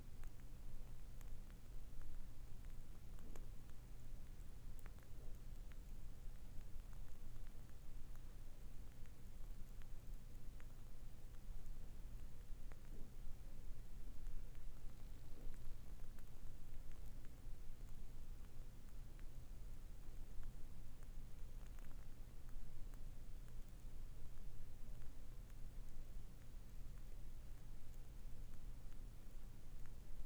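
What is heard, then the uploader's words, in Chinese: A burning candle with a crackling wick gives faint, scattered pops and ticks over a steady, dense low hiss and hum throughout. 蠟燭燃燒的聲音。類似燒柴聲的蠟燭 ASMR。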